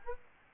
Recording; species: mosquito wingbeat signal from an infrared sensor; Aedes albopictus